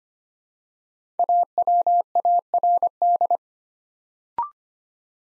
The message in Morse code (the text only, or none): AWARD